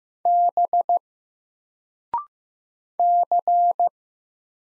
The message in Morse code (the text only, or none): B C